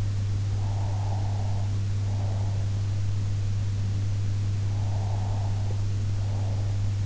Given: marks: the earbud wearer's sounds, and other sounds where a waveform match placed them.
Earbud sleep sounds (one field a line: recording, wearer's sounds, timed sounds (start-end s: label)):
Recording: sounds in sleep by an in-ear microphone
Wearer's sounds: breath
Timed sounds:
0.57-2.80 s: breath
4.77-7.05 s: breath